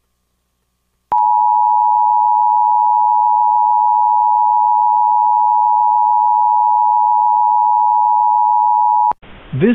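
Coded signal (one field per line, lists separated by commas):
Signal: Emergency Alert System (SAME) tones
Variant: 853 and 960 Hz attention tone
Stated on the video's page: Mock test tornado warning using valid EAS tones.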